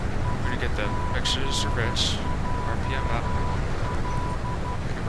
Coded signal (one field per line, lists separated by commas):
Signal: Morse code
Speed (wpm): 12 wpm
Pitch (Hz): 990 Hz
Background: speech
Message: ICJL